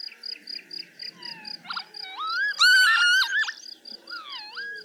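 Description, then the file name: Lapwing calls: a steady high pulsing note opens, then wheezy slurred calls rise and fall, the loudest near the middle. "czajka"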